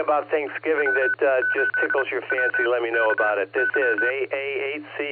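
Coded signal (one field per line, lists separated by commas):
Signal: Morse code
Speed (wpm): 31 wpm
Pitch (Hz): 1500 Hz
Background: speech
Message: W8WKY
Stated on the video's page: Net on a 2 meter repeater, 147.39 MHz with 114.8 PL tone, received on a Flex 6700 with preamp and Mosley 5/8 base antenna, livestreamed.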